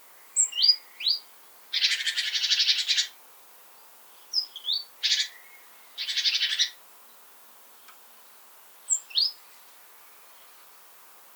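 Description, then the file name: Great tit giving harsh, buzzy churring bursts mixed with short sharp notes, with quiet gaps between. "Parus major"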